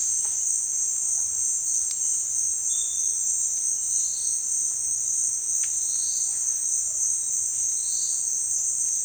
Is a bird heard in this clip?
no